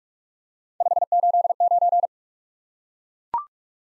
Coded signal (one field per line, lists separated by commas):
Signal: Morse code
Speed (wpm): 44 wpm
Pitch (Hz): 700 Hz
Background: none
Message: 589